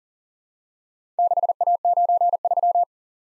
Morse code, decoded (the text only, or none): 6A93